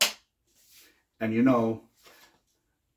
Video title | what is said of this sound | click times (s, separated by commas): Making Life Easier EGO Variable-Speed Cordless Electric Power Leaf Blower Unboxing WUWR 293 | And all you do is push it on, and you'll hear another click. | 0.0 s